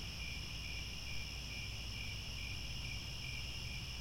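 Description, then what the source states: Crickets chirping in a dense, steady chorus, high pulsed trills running without pause over a constant low rumble. Chorus of crickets at twilight, as the sun sets and stars come out.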